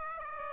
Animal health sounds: mosquito wingbeat signal from an infrared sensor; Aedes aegypti

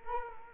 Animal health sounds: mosquito wingbeat signal from an infrared sensor; Culex quinquefasciatus

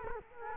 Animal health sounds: mosquito wingbeat signal from an infrared sensor; Culex quinquefasciatus

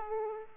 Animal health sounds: mosquito wingbeat signal from an infrared sensor; Aedes aegypti

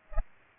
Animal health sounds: mosquito wingbeat signal from an infrared sensor; Aedes aegypti

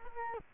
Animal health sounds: mosquito wingbeat signal from an infrared sensor; Culex quinquefasciatus

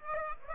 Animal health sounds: mosquito wingbeat signal from an infrared sensor; Aedes aegypti

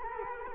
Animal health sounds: mosquito wingbeat signal from an infrared sensor; Culex quinquefasciatus

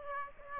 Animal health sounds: mosquito wingbeat signal from an infrared sensor; Aedes aegypti

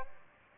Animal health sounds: mosquito wingbeat signal from an infrared sensor; Aedes aegypti

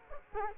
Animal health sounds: mosquito wingbeat signal from an infrared sensor; Culex quinquefasciatus

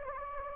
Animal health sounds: mosquito wingbeat signal from an infrared sensor; Anopheles gambiae

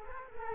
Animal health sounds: mosquito wingbeat signal from an infrared sensor; Culex quinquefasciatus

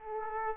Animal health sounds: mosquito wingbeat signal from an infrared sensor; Aedes aegypti

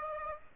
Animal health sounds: mosquito wingbeat signal from an infrared sensor; Aedes aegypti

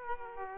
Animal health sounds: mosquito wingbeat signal from an infrared sensor; Aedes aegypti

